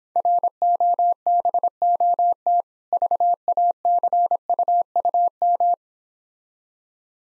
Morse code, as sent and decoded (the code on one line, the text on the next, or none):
.-. --- -... --- - / ...- .- -.-. ..- ..- --
ROBOT VACUUM